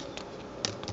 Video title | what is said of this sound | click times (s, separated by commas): Nexus7 Bluetooth keyboard Review | pops right in | 0.6 s